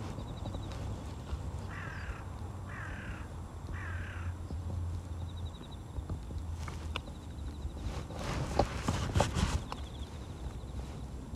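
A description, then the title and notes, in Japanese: Carrot-bed weeding at dusk: a crow caws three times in a row around the two- to four-second mark over a steady low hum. Later come rustling, crackling bursts of grass being pulled and sharp snips, busiest between eight and ten seconds. ガサガサ音あり 人参除草／夕暮れ。片手にハサミを持ちながら、草を抜きつつ、大きいものはチョンチョン切っていきます。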